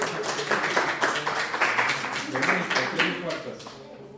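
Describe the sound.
Steady hand clapping, a run of sharp, crisp claps in a fairly even rhythm for about four seconds, with voices murmuring faintly underneath.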